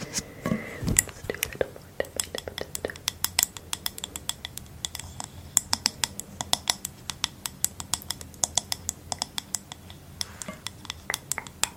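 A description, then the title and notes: Crisp tapping and scratching, sharp clicks falling quickly and irregularly, several per second, throughout. Near the start there is a brief louder rub or handling sound, and a soft low hum sits underneath. ASMR Green Triggers Galore tapping & scratching, personal attention, light triggers.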